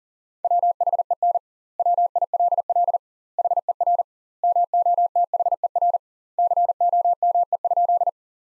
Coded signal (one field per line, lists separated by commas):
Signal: Morse code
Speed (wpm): 40 wpm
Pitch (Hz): 700 Hz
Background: none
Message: WHEN WILL HER MOTHER COME?